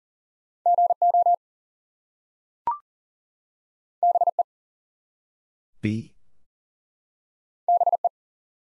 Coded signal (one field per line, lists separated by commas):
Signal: Morse code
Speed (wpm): 40 wpm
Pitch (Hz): 700 Hz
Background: none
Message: GO BE BE